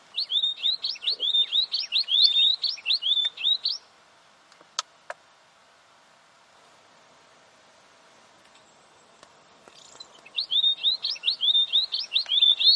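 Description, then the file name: Weebill song: a rapid string of high, bouncing slurred notes for about four seconds, a pause with a few sharp ticks, then the same twittering phrase returns. "canto do gerigono de bico curto"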